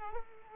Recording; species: mosquito wingbeat signal from an infrared sensor; Culex pipiens